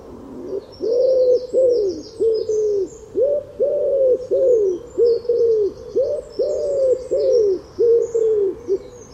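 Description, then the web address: Bird giving throaty coos in a long series, with faint high chirps sounding above. "cianscape. Deverinetal 2025. Bird Only"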